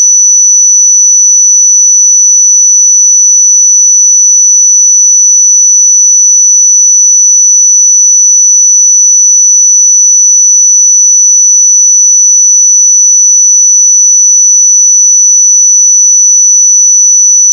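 A pure sine tone at 5952 Hz sounds without a break for the full eighteen seconds. The high, thin whistle holds perfectly steady in pitch and loudness, with no other sounds around it.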